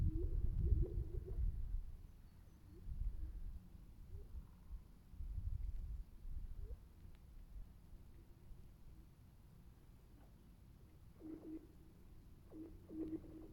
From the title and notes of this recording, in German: Singendes Eis (1). Die Sonne scheint auf den zugefrorenen See und erwärmt das Eis, welches mit lautem Knacken durch die Wärmespannungen bricht. Das Eis fungiert als riesengroße harte Membran und durch das Brechen singt es die ganze Zeit, was klingt wie die Geräusche eines Computers aus den 1990ern.